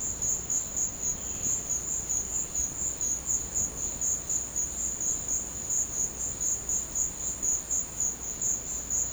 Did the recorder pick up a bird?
no